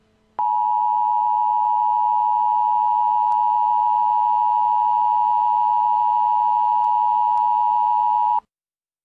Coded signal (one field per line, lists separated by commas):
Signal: Emergency Alert System (SAME) tones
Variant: 853 and 960 Hz attention tone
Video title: EAS Scenario : Liberty City Zombie Attack